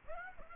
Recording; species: mosquito wingbeat signal from an infrared sensor; Aedes aegypti